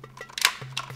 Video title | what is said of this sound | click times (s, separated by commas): Ranger Review #97 Black Box Morpher | stick it in and that's it locks in place that's it it really doesn't do much after that | 0.5 s